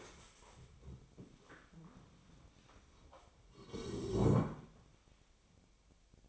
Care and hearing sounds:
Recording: daily activity, microphone in the room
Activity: stand up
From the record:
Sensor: 1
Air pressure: 1000.5 hPa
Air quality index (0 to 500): 174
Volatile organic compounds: 4 ppm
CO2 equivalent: 1620 ppm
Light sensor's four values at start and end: 11/27/11/12 and 11/27/11/13

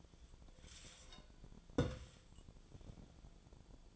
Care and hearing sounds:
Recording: daily activity, microphone in the room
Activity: take from stove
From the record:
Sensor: 5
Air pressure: 1010.0 hPa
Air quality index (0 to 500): 155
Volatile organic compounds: 3 ppm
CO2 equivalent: 1512 ppm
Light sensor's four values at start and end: 242/586/249/275 and 244/588/252/277

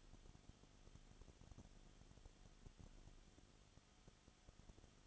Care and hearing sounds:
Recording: daily activity, microphone in the room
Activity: no activity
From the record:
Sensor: 4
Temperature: 22.7 degrees Celsius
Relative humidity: 31.7%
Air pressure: 995.4 hPa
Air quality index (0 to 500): 158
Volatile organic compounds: 2 ppm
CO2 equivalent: 1252 ppm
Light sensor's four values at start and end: 2/3/1/1 and 2/3/1/1

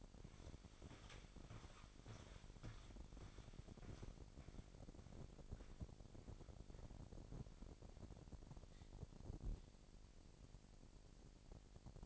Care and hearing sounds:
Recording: daily activity, microphone in the room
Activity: walk to room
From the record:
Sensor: 5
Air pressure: 1012.3 hPa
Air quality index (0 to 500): 236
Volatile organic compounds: 4 ppm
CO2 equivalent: 1570 ppm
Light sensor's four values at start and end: 53/122/51/55 and 56/132/55/58

